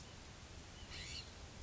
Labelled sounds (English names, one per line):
California Scrub-Jay